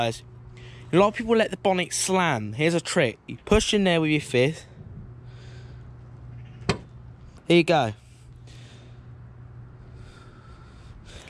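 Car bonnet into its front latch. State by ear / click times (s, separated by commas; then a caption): seated / 6.7 s. A Peugeot 2008 electric car's bonnet is lowered and pressed down by fist rather than slammed, and its metal latch catches with a single sharp click at 6.7 s, seating it shut without damage. Someone talks before and after the click over a steady low hum.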